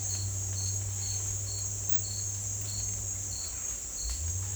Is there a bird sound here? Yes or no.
no